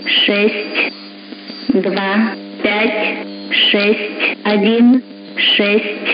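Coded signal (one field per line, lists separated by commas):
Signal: numbers station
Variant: S06s, Russian female voice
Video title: 04 05 2021 Number station S06s Russian Lady in Russian to Eu 0740 on 11655 unknown tx site in CUSB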